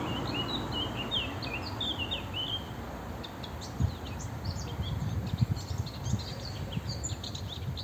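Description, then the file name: Eurasian blackcap giving a brisk warbled phrase of falling and rising notes, followed by scattered high twitters and a constant low rumble. "Sylvia atricapilla"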